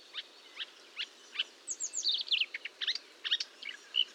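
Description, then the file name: Marsh warbler song of spaced sharp chips joined by quick whistled slurs and twittering notes, varied and lively. Recorded 1 June 2022 at 10:55 at Fontaine-Française (Fourneau), using a Nagra recorder with a Telinga microphone. "Rousserolle verderolle 1055 Fontaine-Francaise-Fourneau"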